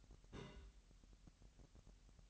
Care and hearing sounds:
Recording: daily activity, microphone in the room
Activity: place on stove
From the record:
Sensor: 3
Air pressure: 1001.9 hPa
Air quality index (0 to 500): 244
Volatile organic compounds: 46 ppm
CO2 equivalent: 3246 ppm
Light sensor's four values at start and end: 6/14/6/6 and 6/14/6/6

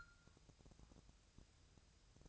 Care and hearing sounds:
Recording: daily activity, microphone in the room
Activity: take from stove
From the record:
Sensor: 2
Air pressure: 999.1 hPa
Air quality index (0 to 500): 197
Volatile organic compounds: 28 ppm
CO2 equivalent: 2916 ppm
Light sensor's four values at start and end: 6/15/6/6 and 6/15/6/6

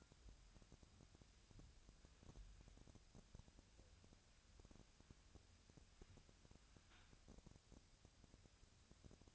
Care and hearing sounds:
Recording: daily activity, microphone in the room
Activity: wipe stove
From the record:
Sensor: 2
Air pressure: 1006.9 hPa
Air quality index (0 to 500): 198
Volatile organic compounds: 13 ppm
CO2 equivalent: 2429 ppm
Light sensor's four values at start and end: 10/23/10/10 and 9/23/9/10

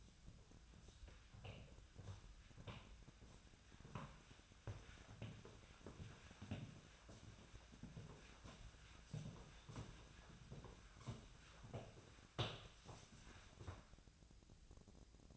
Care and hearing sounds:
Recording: daily activity, microphone in the room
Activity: walk to room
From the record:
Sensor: 2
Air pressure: 1009.9 hPa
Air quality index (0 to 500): 173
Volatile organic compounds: 9 ppm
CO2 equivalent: 2164 ppm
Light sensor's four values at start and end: 34/84/36/41 and 34/82/36/40

